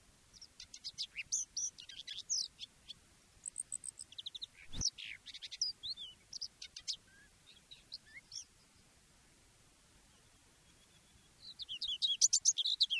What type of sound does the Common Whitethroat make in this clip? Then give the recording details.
song. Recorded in the wild. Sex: male. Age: adult. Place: Möhrendorf, Bayern, DE. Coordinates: 49.6372, 10.9831. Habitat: pond. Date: 1962-06-04. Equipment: Stellavox SM 5, AKG D19-200, langes Kabel, Original, Vollspur. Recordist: Tretzel, Erwin